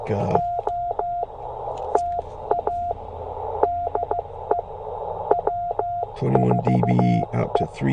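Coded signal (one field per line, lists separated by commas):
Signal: Morse code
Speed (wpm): 15 wpm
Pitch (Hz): 700 Hz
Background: speech, radio noise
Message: O TA DE W4E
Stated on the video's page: POTA activation at 5 watts QRP on a Penntek TR45L with a Bamatech TP III key, rough band conditions.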